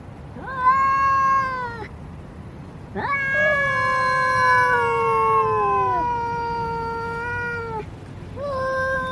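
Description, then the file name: Domestic cat letting out a short yowl, then a long, falling, wavering cry, and beginning a third at the end. Male cat (tomcat). "tieng meo duc keu"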